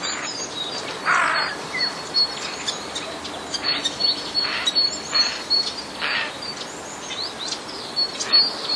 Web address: wroblowe ostrzegator sojki 01 03 2014